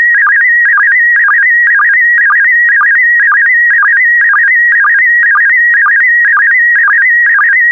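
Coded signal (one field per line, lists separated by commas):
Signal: SSTV (slow-scan television)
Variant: PD120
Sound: warbling, chirping tone with rhythmic low blips about twice a second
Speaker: complete. You can now check your decoded image against the picture that is shown on the video.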